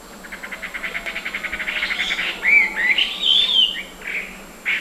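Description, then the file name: Chinese hwamei song opening with a fast series of repeated short notes, then breaking into rich, looping whistled phrases and a final sharp note. Subspecies canorus; singing in Beishan, Guangxi, China, on 17 January 2012. "Chinese Hwamei Ssp Canorus Song 120117-001 Guangxi Beishan"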